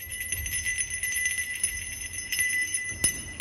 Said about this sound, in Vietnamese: Người kia cầm chuông đồng, giơ cao lên lắc liên hồi.